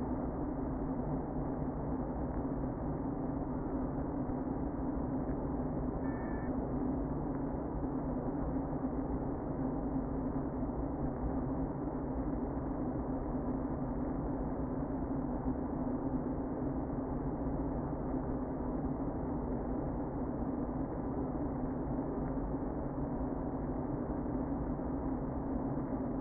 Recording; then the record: honeybee colony, microphone inside the hive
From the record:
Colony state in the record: queen present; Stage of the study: before two queens were removed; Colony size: about 60,000 bees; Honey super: yes